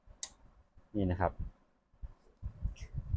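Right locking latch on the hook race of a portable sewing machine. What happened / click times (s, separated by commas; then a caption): The metal latch snapped shut / 0.2 s. The right-side metal locking latch holding the hook race on a portable Janome sewing machine is pressed shut with a sharp click at 0.2 s, just like the left-side latch. Someone talks afterward, and the hook race is seated and locked in place.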